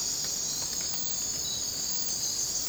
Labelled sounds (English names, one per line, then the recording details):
none
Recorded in dense forest near Puerto Asís, Putumayo, Colombia, on 20 December 2024 at 01:30
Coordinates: 0.466, -76.327
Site G075